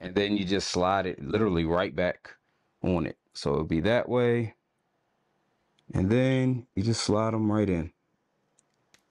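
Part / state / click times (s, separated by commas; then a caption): trigger button with spring into game controller shell / seated / 8.6 s, 8.9 s. Someone talks while a spring-loaded trigger button is slid back onto its pivot inside the opened plastic shell of a DualShock 3 game controller, during a repair for random inputs. After the talking, two short clicks at 8.6 s and 8.9 s mark the trigger snapping into place, seated.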